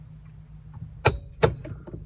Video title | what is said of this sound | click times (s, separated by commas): How to Install Seat Jackers Toyota 4Runner 3rd Gen | i heard a click that one's good | 1.4 s